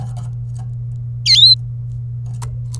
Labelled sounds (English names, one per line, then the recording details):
Domestic Canary song
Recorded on 27 April 2018 at 13:34
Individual llb3